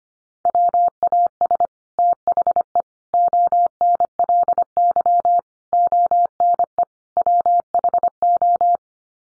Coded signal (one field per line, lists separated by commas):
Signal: Morse code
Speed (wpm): 25 wpm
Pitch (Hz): 700 Hz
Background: none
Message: WAS THE ONLY ONE WHO